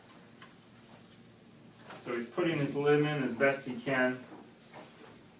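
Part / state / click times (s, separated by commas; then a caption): liner locking pin into prosthetic socket lock / not seated / none. A residual limb wearing a gel liner with a threaded pin at the bottom is inserted into a prosthetic socket, with the pin being lined up with the socket's lock mechanism before standing to engage it. Faint handling sounds are heard while someone talks from about 2.0 to 4.5 seconds. Nothing has clicked or seated yet.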